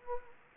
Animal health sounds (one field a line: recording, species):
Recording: mosquito wingbeat signal from an infrared sensor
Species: Anopheles gambiae